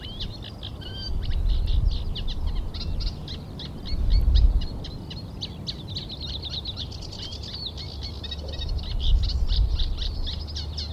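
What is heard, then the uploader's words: A reed warbler sings continuously in the foreground, a rapid, regular string of bright chirps and trills repeated in a steady rhythm. Beneath it runs a low rumble of wind or noise, swelling briefly around four seconds and again near nine. Despite the rough weather most of the warblers are in now. In this track the foreground bird is the reed warbler with repeated rhythm and a bit more tune than the earlier sedge.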